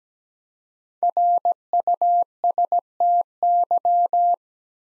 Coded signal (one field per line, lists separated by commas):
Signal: Morse code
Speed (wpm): 17 wpm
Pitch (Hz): 700 Hz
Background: none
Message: RUSTY